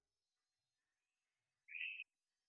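Hourglass treefrog call: a single short, harsh, buzzy note lasting about a third of a second, followed by quiet.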